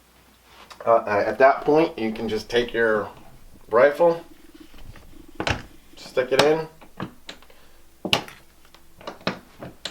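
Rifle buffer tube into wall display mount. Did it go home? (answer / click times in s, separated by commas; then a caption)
no / none. Someone talks while a rifle's buffer tube is handled at a wall display mount bracket, with short sharp knocks and taps from about 5.4 s to the end. The tube has not yet seated or clicked into the mount's locking mechanism when the clip ends.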